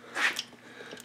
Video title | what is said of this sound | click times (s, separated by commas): Kawasaki KX 125 engine build: Bottom end assembly | and it should lock into place like that okay like | 0.4 s